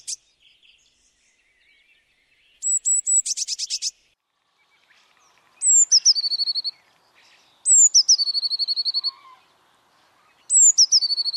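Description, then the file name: Eurasian blue tit song, high sharp introductory notes followed by a rapid rattling trill, given several times with pauses between phrases. "Blaumeise"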